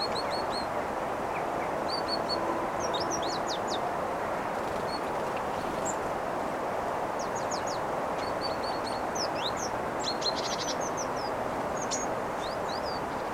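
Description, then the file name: Great tit calls, repeated paired high notes and short clusters of sharp ticks, under an even background hiss. "Parus major"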